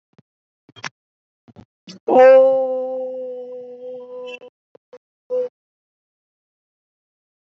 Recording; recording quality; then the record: sustained vowel as in boot; moderate, slight background noise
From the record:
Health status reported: healthy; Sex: female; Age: 23 years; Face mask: not worn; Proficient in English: yes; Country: India